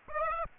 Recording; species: mosquito wingbeat signal from an infrared sensor; Aedes aegypti